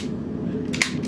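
The feed cover on a heavy machine gun receiver is handled during unloading, with a steady low rumble throughout. Two sharp metallic bursts land at 0.8 s, followed by another bright burst near 1.0 s. The cover has not closed home yet, and nothing has seated.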